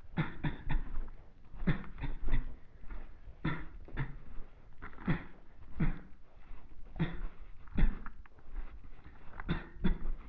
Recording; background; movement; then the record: voluntary coughing; quiet; walking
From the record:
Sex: male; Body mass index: 23.7 kg/m2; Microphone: on the chest, facing the body